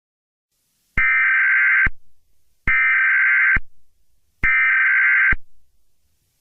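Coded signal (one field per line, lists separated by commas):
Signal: Emergency Alert System (SAME) tones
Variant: header bursts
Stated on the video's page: Fictional EAS scenario; the EAS tones and attention signals are simulated recreations.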